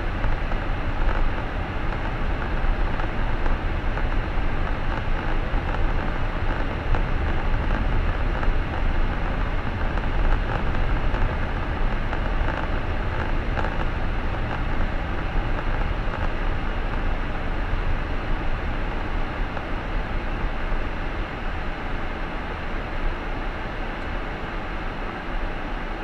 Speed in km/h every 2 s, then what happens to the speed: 23, 23, 25, 25, 25, 25, 24, 23, 20, 18, 16, 15, 1.
0-13 steady at about 25. 13-26 slows to 1.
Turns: none.